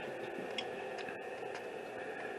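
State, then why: Seated. A micro SD card is pushed pins up into the card slot of a 3D printer until it locks in place. A single short, sharp click at 0.6 seconds marks the card seating, over a steady background hiss.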